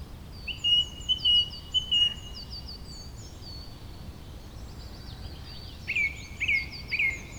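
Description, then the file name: Bird song: a long steady whistled tone broken into pieces, with high twitters above, then three sharp downslurred notes near the end. "beautiful Birdsong"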